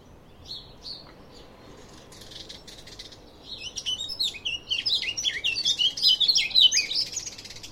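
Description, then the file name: Eurasian blackcap song: a few hard ticks, then a rich, fast warble of varied whistled notes that grows louder and fuller toward the end. "Sylvia atricapilla"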